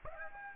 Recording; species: mosquito wingbeat signal from an infrared sensor; Aedes aegypti